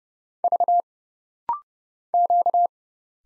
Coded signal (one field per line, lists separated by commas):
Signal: Morse code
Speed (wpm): 30 wpm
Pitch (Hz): 700 Hz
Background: none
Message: V Q